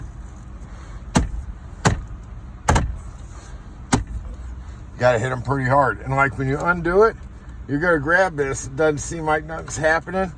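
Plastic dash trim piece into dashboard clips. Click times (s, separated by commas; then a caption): 1.9 s, 2.7 s, 3.9 s. A plastic dash trim piece on a 2013 Ford F-150 is struck hard so its clips snap back into the dashboard, with sharp snaps at 1.9 s, 2.7 s and 3.9 s after an earlier knock at 1.2 s. The trim piece is seated, and someone then talks.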